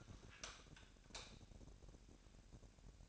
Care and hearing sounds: daily activity, microphone in the room; light off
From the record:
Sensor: 2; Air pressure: 1011.8 hPa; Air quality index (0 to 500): 215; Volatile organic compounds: 3 ppm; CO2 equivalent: 1513 ppm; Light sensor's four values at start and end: 16/45/18/18 and 12/27/12/12

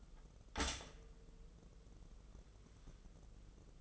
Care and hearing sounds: daily activity, microphone in the room; stop toaster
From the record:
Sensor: 4

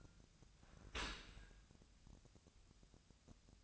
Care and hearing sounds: daily activity, microphone in the room; open dishwasher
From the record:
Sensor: 2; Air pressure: 1006.5 hPa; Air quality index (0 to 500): 202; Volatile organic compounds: 15 ppm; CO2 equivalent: 2478 ppm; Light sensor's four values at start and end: 9/21/9/9 and 9/21/9/9

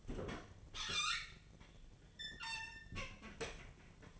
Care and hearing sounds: daily activity, microphone in the room; open fridge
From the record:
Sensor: 4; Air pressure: 1010.5 hPa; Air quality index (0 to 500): 178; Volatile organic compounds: 5 ppm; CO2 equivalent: 1803 ppm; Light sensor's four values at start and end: 32/94/37/37 and 26/80/31/32

